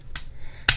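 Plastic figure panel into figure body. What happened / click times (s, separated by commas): A plastic figure part snapped into place / 0.7 s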